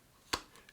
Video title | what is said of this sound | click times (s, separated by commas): AIWB Holster Review 2023 - Alphatactix Holsters | all have that very satisfying retention click | 0.3 s